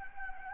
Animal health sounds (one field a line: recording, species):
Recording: mosquito wingbeat signal from an infrared sensor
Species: Anopheles gambiae